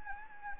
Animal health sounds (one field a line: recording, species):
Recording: mosquito wingbeat signal from an infrared sensor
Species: Anopheles gambiae